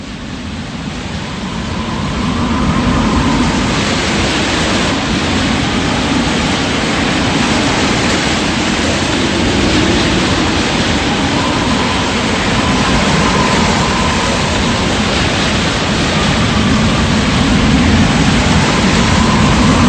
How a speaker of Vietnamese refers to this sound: Vào giữa trưa, cường độ sóng bão còn mạnh gấp nhiều lần. Chúng tôi phải buộc tất cả đồ đạc vào với nhau. Cả chúng tôi nữa, chúng tôi cũng buộc chặt vào nhau. Sóng trào qua cả đầu chúng tôi.